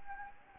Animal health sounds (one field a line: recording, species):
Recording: mosquito wingbeat signal from an infrared sensor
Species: Anopheles gambiae